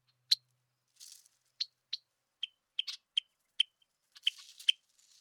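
Red-winged blackbird uttering sharp, clipped check notes at an uneven pace, with brief soft rustling hiss between some notes.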